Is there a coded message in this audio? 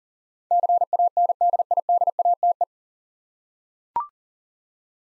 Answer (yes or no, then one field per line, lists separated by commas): yes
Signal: Morse code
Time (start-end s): 0.5-2.6 s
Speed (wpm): 37 wpm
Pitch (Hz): 700 Hz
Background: none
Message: CANDIDATE